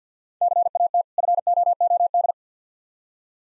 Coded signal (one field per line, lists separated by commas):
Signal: Morse code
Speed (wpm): 50 wpm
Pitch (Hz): 700 Hz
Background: none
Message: CAT FOOD